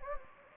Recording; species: mosquito wingbeat signal from an infrared sensor; Anopheles gambiae